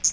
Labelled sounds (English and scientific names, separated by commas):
Hooded Warbler (Setophaga citrina) flight call